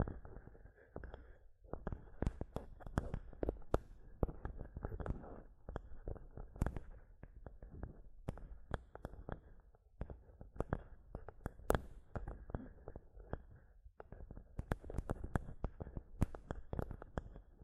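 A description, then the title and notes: Mic tapping and scratching fill the clip with dense, uneven taps and rubs, mostly low and muffled, with sharp bright clicks scattered throughout. The activity runs continuously for the whole length, with brief lulls near two, ten and fourteen seconds. ASMR Mic Tapping and Scratching (No Talking).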